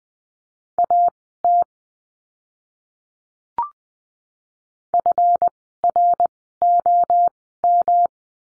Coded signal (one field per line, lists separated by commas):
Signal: Morse code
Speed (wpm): 20 wpm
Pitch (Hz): 700 Hz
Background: none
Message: AT FROM